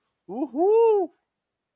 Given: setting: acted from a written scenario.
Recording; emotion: vocal sound without words; triumph